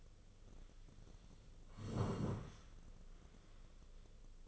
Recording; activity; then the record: daily activity, microphone in the room; sit down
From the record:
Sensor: 4